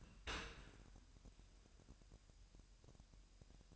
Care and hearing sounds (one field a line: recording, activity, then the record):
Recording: daily activity, microphone in the room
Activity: open dishwasher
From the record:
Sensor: 2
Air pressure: 998.1 hPa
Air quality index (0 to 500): 148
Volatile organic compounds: 4 ppm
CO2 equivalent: 1680 ppm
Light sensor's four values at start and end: 10/30/12/11 and 10/30/12/11